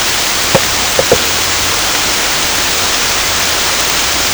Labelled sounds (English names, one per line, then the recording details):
none
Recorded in secondary vegetation near Puerto Asís, Putumayo, Colombia, on 18 December 2024 at 23:00
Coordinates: 0.502, -76.326
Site G028